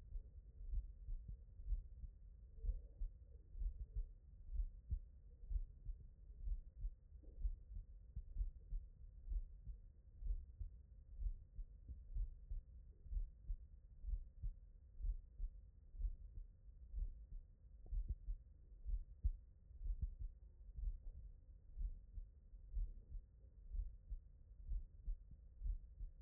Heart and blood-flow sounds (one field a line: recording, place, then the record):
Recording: heart sounds by stethoscope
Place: tricuspid valve (TV)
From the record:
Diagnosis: non-HFrEF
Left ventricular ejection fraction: 43%